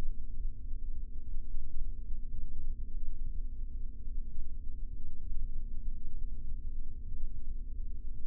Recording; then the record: forearm muscle sounds (acoustic myography)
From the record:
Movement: rest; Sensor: system 3, bracelet of six PUI Audio POM-2738L microphones around the upper forearm, with dedicated amplification and filtering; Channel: 4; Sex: male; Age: 26 years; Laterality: right